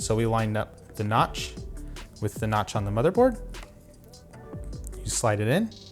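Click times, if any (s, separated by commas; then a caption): none. A SATA data cable is lined up by the notch on its connector with the notch on the motherboard's SATA port and slid in while someone talks. A few faint taps and scrapes are heard near the end, but the cable has not clicked or seated yet.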